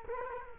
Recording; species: mosquito wingbeat signal from an infrared sensor; Culex quinquefasciatus